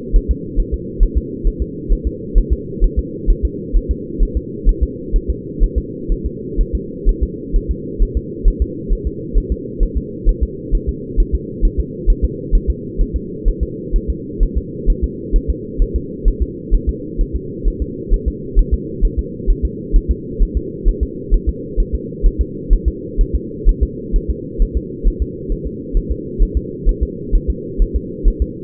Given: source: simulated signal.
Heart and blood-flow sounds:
fetal heart sounds
0.16 s: S1
0.31 s: S2
0.59 s: S1
0.74 s: S2
1.03 s: S1
1.18 s: S2
1.47 s: S1
1.62 s: S2
1.92 s: S1
2.07 s: S2
2.38 s: S1
2.53 s: S2
2.84 s: S1
2.99 s: S2
3.30 s: S1
3.45 s: S2
3.76 s: S1
3.91 s: S2
4.22 s: S1
4.37 s: S2
4.69 s: S1
4.83 s: S2
5.16 s: S1
5.30 s: S2
5.63 s: S1
5.78 s: S2
6.12 s: S1
6.26 s: S2
6.60 s: S1
6.75 s: S2
7.09 s: S1
7.23 s: S2
7.56 s: S1
7.71 s: S2
8.02 s: S1
8.17 s: S2
8.48 s: S1
8.62 s: S2
8.93 s: S1
9.07 s: S2
9.38 s: S1
9.52 s: S2
9.83 s: S1
9.97 s: S2
10.29 s: S1
10.43 s: S2
10.75 s: S1
10.89 s: S2
11.20 s: S1
11.35 s: S2
11.65 s: S1
11.80 s: S2
12.10 s: S1
12.25 s: S2
12.55 s: S1
12.70 s: S2
13.01 s: S1
13.16 s: S2
13.48 s: S1
13.63 s: S2
13.96 s: S1
14.10 s: S2
14.43 s: S1
14.58 s: S2
14.90 s: S1
15.04 s: S2
15.36 s: S1
15.50 s: S2
15.82 s: S1
15.96 s: S2
16.28 s: S1
16.42 s: S2
16.75 s: S1
16.89 s: S2
17.21 s: S1
17.36 s: S2
17.68 s: S1
17.82 s: S2
18.14 s: S1
18.28 s: S2
18.59 s: S1
18.74 s: S2
19.05 s: S1
19.19 s: S2
19.50 s: S1
19.65 s: S2
19.96 s: S1
20.11 s: S2
20.42 s: S1
20.57 s: S2
20.88 s: S1
21.03 s: S2
21.34 s: S1
21.49 s: S2
21.80 s: S1
21.95 s: S2
22.26 s: S1
22.41 s: S2
22.73 s: S1
22.88 s: S2
23.21 s: S1
23.35 s: S2
23.69 s: S1
23.83 s: S2
24.16 s: S1
24.31 s: S2
24.62 s: S1
24.77 s: S2
25.07 s: S1
25.22 s: S2
25.52 s: S1
25.67 s: S2
25.97 s: S1
26.12 s: S2
26.43 s: S1
26.57 s: S2
26.89 s: S1
27.03 s: S2
27.35 s: S1
27.50 s: S2
27.82 s: S1
27.96 s: S2
28.28 s: S1
28.42 s: S2
From the record:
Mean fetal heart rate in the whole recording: 130 bpm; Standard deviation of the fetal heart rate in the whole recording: 4 bpm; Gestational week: 38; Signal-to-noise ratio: -4.1 dB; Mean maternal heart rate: no maternal heart sound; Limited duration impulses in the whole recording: absent

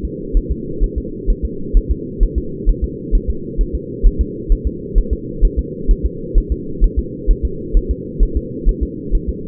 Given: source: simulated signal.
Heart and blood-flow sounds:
fetal heart sounds
0.05 s: S2
0.37 s: S1
0.51 s: S2
0.83 s: S1
0.98 s: S2
1.30 s: S1
1.45 s: S2
1.77 s: S1
1.91 s: S2
2.23 s: S1
2.38 s: S2
2.69 s: S1
2.84 s: S2
3.15 s: S1
3.30 s: S2
3.61 s: S1
3.75 s: S2
4.06 s: S1
4.21 s: S2
4.52 s: S1
4.67 s: S2
4.98 s: S1
5.13 s: S2
5.45 s: S1
5.59 s: S2
5.91 s: S1
6.05 s: S2
6.38 s: S1
6.52 s: S2
6.84 s: S1
6.99 s: S2
7.30 s: S1
7.45 s: S2
7.77 s: S1
7.91 s: S2
8.23 s: S1
8.37 s: S2
8.69 s: S1
8.83 s: S2
9.15 s: S1
9.29 s: S2
From the record:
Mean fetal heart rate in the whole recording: 130 bpm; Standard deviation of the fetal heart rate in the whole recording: 2 bpm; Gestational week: 38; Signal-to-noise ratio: -4.3 dB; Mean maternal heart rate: 72 bpm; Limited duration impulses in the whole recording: absent

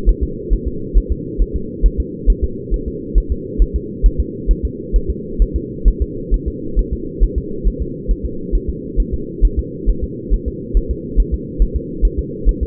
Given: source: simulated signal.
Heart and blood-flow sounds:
fetal heart sounds
0.09 s: S1
0.23 s: S2
0.53 s: S1
0.68 s: S2
0.98 s: S1
1.12 s: S2
1.42 s: S1
1.56 s: S2
1.86 s: S1
2.00 s: S2
2.30 s: S1
2.44 s: S2
2.74 s: S1
2.88 s: S2
3.18 s: S1
3.32 s: S2
3.62 s: S1
3.76 s: S2
4.06 s: S1
4.20 s: S2
4.51 s: S1
4.65 s: S2
4.96 s: S1
5.10 s: S2
5.42 s: S1
5.56 s: S2
5.88 s: S1
6.02 s: S2
6.34 s: S1
6.48 s: S2
6.79 s: S1
6.93 s: S2
7.24 s: S1
7.38 s: S2
7.67 s: S1
7.82 s: S2
8.11 s: S1
8.25 s: S2
8.55 s: S1
8.70 s: S2
9.00 s: S1
9.14 s: S2
9.45 s: S1
9.59 s: S2
9.89 s: S1
10.04 s: S2
10.34 s: S1
10.48 s: S2
10.77 s: S1
10.91 s: S2
11.20 s: S1
11.34 s: S2
11.62 s: S1
11.76 s: S2
12.05 s: S1
12.19 s: S2
12.49 s: S1
12.63 s: S2
From the record:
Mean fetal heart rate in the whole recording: 135 bpm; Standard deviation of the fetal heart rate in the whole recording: 3 bpm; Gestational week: 36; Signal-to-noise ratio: -4.3 dB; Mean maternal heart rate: 72 bpm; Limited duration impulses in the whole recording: absent

